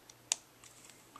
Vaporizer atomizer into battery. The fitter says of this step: is a standard atomizer it does fit into the battery properly and snaps into place